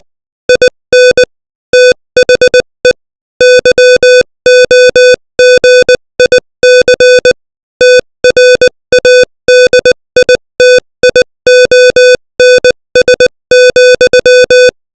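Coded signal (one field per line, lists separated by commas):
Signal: Morse code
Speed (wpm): 20 wpm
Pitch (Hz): 500 Hz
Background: music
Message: IN THE YOGIC TRADITIONS,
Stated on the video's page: Morse code practice at 20 WPM.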